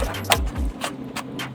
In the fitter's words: that's it now it's locked into place